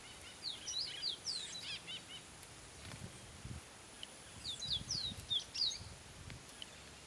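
Faint copper seedeater calls: thin, high notes in two short bursts, with low thumps and rustling noise underneath.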